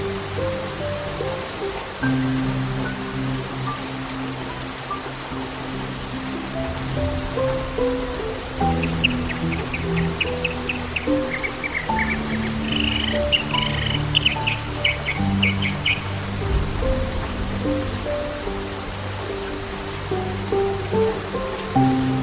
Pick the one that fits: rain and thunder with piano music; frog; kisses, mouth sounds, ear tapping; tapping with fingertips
rain and thunder with piano music